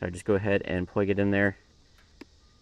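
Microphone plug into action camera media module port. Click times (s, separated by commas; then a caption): 2.2 s. A microphone plug is pushed into the port on the back of an action-camera media module and snaps into place. Someone talks first, then after a quiet pause a single sharp click is heard at 2.2 seconds as the plug seats.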